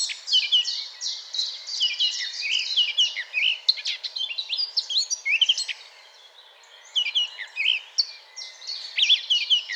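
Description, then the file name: Eurasian blackcap warbling song, rich rapid scratchy and whistled phrases, falling quiet for a moment past the middle before the warble resumes. "Sylvia atricapilla"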